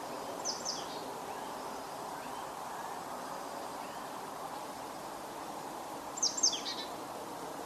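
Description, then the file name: Marsh tit calls: a short group of sharp, high, descending notes near the start, then a louder double burst of similar notes about six seconds later, over a low steady hiss. "Poecile palustris"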